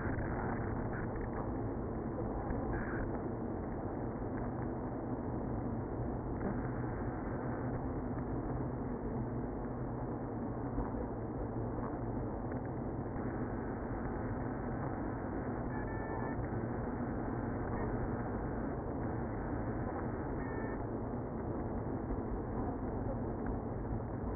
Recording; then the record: honeybee colony, microphone inside the hive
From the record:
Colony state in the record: queenless (queen removed); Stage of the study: after two queens were removed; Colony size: about 60,000 bees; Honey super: yes